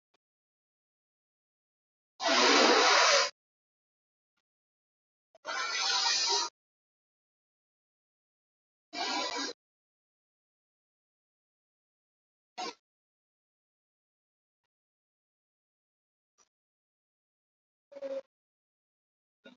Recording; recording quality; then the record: deep breathing; excellent, no background noise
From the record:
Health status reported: COVID-19 positive, mild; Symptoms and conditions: sore throat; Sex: female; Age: 33 years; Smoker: not ticked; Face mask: not worn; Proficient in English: yes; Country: India